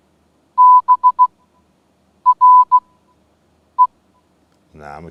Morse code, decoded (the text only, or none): BRE